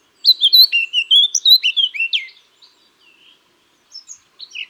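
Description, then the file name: Eurasian blackcap song: loud, rapid run of sweet whistled and warbled notes for about two seconds, then a pause and a few scattered chirps. "Sylvia atricapilla"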